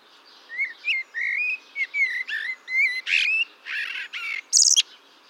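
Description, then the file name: Eurasian blackbird song: a string of clear whistled notes, then harsher buzzy notes, closing with a loud, very high squeaky twitter. "Turdus merula"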